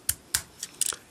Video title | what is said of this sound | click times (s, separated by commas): ToQGer DX BUILDDAI-OH: EmGo's Super Sentai Reviews N' Stuff | take that back bring them back like that and this will clip in right there | 0.1 s, 0.3 s